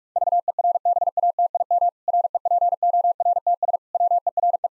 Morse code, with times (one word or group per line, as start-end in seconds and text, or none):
0.2-1.9 VERBATIM
2.1-3.8 REPORTS
3.9-4.7 WERE